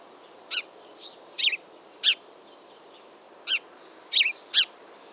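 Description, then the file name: House sparrow chirping: short, harsh high notes given singly or in quick pairs at uneven intervals, several chirps in all, with faint background hiss. "Passer domesticus"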